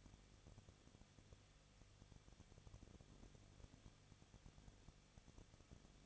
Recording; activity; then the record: daily activity, microphone in the room; no activity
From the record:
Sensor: 4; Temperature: 23.0 degrees Celsius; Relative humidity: 34.1%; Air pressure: 1007.4 hPa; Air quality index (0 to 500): 212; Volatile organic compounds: 14 ppm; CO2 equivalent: 2440 ppm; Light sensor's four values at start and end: 2/3/1/1 and 2/3/1/1